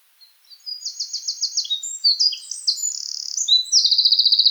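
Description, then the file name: Eurasian wren song that starts quietly, then breaks into loud rapid trills and rattling phrases, closing with a fast high repeated trill. "Troglodytes troglodytes"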